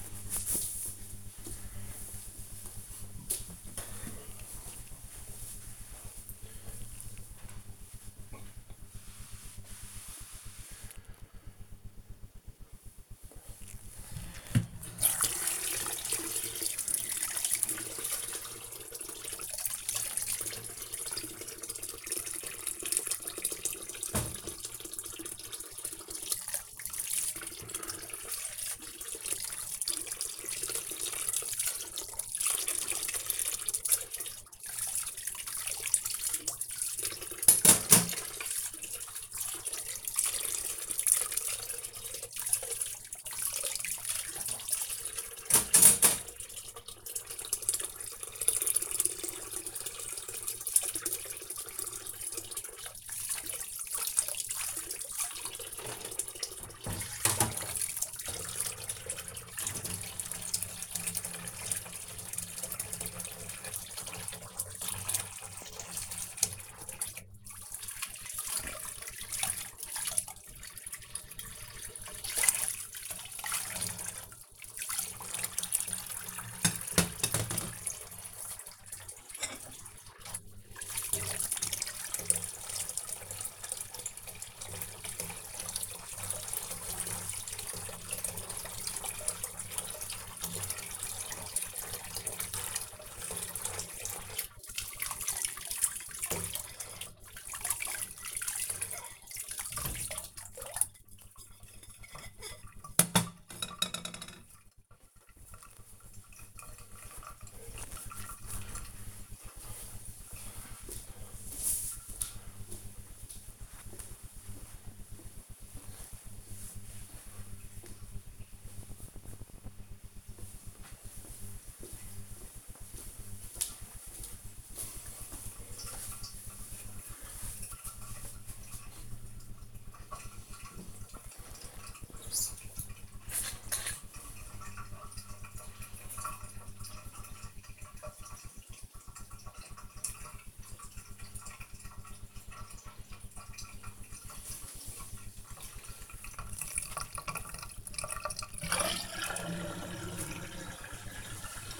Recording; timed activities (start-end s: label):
household activities, microphone on the right wrist
12.82-102.49 s: washing dishes
129.71-151.80 s: drinking